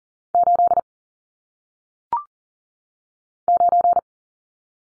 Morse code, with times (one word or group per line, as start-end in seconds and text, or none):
0.3-0.8 8
3.5-4.0 9